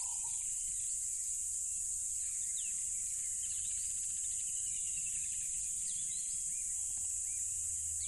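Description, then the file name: Crickets chirping in a dense, continuous high-pitched trill that holds steady throughout, with scattered short bird chirps and whistles above a low background rumble. Loud crickets beside a tropical river. "smartsound ATMO NATURE Tropical River Loud Crickets"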